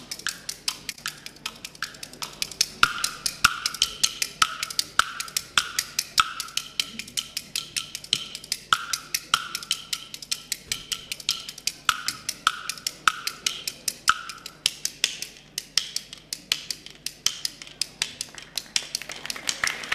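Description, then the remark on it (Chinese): Rapid, sharp wooden clacks from a bamboo clapper (kuaiban) rattle in a steady, driving rhythm for the whole stretch, bright and crisp, with quick flurries and accented beats and no voices, during a kuaiban performance of the traditional piece 花唱绕口令 at a crosstalk show. “请您欣赏一段快板”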